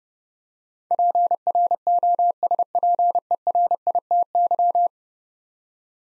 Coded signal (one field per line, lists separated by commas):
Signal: Morse code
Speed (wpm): 32 wpm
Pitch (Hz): 700 Hz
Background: none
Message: PROSPERITY